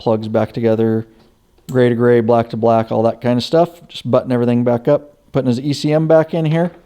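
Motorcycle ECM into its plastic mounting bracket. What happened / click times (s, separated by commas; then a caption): The part is being handled but has not clicked home yet / none. A motorcycle engine control module (ECM) is handled and put back toward its plastic mounting bracket under the seat, with two side tabs that hold it, while plugs are reconnected gray to gray and black to black. Someone talks throughout. Nothing has seated or clicked yet.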